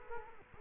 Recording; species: mosquito wingbeat signal from an infrared sensor; Culex quinquefasciatus